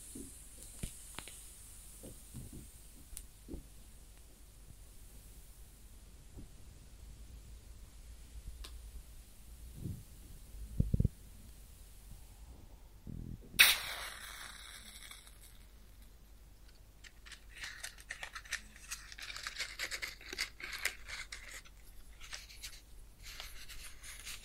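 A match is handled close up: for the first dozen seconds there are only scattered soft ticks and a couple of low thumps near eleven seconds. At about thirteen and a half seconds it strikes with a bright flare, followed by dense fizzing crackles and sizzles to the end.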